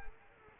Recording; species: mosquito wingbeat signal from an infrared sensor; Culex quinquefasciatus